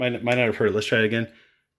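Someone talks while handling the flip-up plastic straw on the nozzle of a WD-40 spray lubricant can, about to lift it into its raised position. Nothing has clicked or seated yet, and the voice fades into silence by about 1.5 s.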